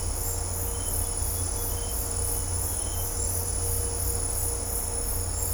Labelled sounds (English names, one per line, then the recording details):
none
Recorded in dense forest near Puerto Asís, Putumayo, Colombia, on 20 December 2024 at 17:30
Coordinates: 0.503, -76.323
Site G043